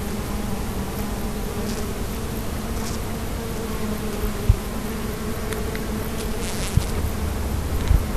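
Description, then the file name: Bees give a sustained droning buzz with overlapping wavering hums, interrupted by a few soft knocks in the second half. "abeilles"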